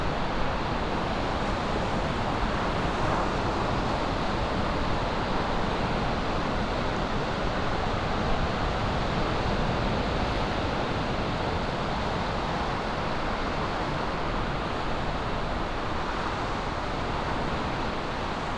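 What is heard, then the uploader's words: Surf on a shingle beach at night, heard as a dense, unbroken roar that fills everything from deep rumble to bright hiss. The level barely shifts over the whole stretch, with no single breaker standing apart, and a steady onshore wind blends into the wash. Out on Cooden Beach at night. Night breakers on shingle. The night we captured this soundscene of Cooden Beach in East Sussex, there was a brisk onshore breeze blowing in from the west. West is to the right of scene, where the incoming waves can sometimes be heard making first landfall. It's February. It's coming up to 11pm.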